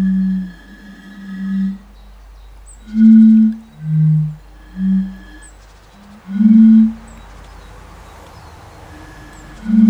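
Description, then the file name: European fire-bellied toad giving a run of short, low, hollow hoots, several in quick succession, followed by a quieter stretch and one more note. "henrik olsson anders dahl. bombina bombina"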